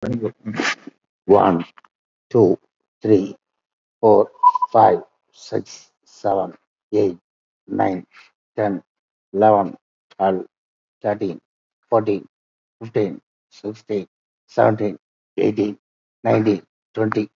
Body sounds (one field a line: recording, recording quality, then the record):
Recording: counting at a normal pace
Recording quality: excellent, no background noise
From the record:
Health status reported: exposed to COVID-19, no respiratory illness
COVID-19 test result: negative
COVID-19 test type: RT-PCR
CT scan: taken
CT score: 5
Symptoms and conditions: cough, cold, sore throat, fatigue, loss of smell and taste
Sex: male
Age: 65 years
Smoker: yes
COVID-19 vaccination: both doses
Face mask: worn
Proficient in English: no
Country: India